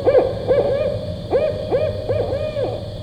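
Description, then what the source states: Barred owl hooting: a run of wavering hoo notes in quick bunches, each rising and falling. Played back for comparison with the great horned owl; the barred owl call has eight hoots and ends with a hoo-ah sound.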